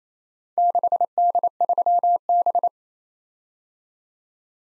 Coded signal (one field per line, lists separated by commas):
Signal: Morse code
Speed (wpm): 31 wpm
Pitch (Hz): 700 Hz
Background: none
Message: 6D3B